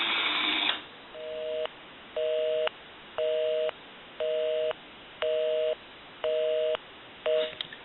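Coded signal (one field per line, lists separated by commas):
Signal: telephone call progress tone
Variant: North America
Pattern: busy tone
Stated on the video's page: Heard on an AE 3-slot payphone, converted and repaired, with top flag, during initial checkout.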